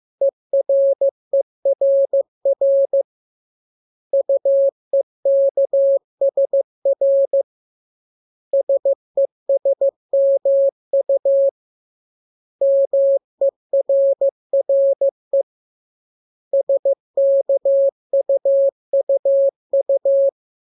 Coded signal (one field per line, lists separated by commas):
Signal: Morse code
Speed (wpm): 15 wpm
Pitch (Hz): 550 Hz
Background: none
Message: ERERR UEKSR SESMU MERRE SKUUU